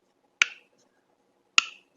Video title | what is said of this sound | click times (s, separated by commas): Fixing Handle and Cleaning Carburetor on Husqvarna LC121P Push Mower | Make sure it clicks into place. | 0.4 s, 1.6 s